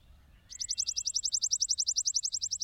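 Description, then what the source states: Chipping Sparrow song: one fast, steady trill of high, dry chip notes that begins after a brief quiet moment and runs to the end. Familiar little sparrow seen sitting by the wayside, repeating with a devout attitude a fine sliding chant.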